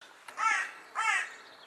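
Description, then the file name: Carrion crow caws twice, two harsh, hoarse calls about half a second apart, against quiet background noise. "Corvus corone"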